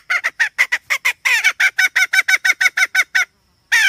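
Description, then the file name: Red junglefowl hen cackling, a fast run of short harsh clucks, then a brief pause and a louder squawk at the end. Female (hen). "tieng ga mai rung"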